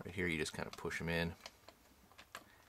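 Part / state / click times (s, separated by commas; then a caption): wing panel into model spaceship hull / seated / 2.3 s. Someone talks while pushing the spring-loaded atmospheric wing panels into the hull of a die-cast Soul of Chogokin GX-57 Space Battleship Yamato model. After a few faint clicks, a sharp click at 2.4 s is heard as a wing panel locks into place.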